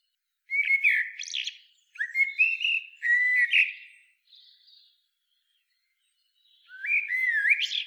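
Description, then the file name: Common blackbird song: several rich fluting phrases mixed with squeaky high twitters, then a quiet gap before another warbled phrase begins. "Turdus merula"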